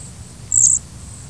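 Cedar waxwing giving a single very high, thin, hissing note lasting about a quarter second.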